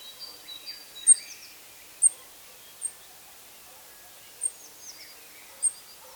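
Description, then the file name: European robin giving thin, very high, short call notes at irregular intervals, with faint twittering between. "Erithacus rubecula"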